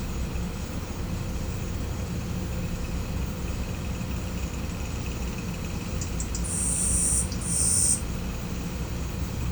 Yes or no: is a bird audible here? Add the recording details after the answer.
no. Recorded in pastures near Puerto Asís, Putumayo, Colombia, on 18 December 2024 at 12:00. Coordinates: 0.505, -76.324. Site G063